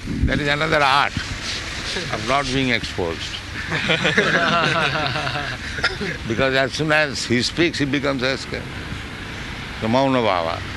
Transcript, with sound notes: That is another art of not being exposed. [laughter] Because as soon as he speaks, he becomes rascal. So mauna baba...